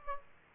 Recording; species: mosquito wingbeat signal from an infrared sensor; Aedes aegypti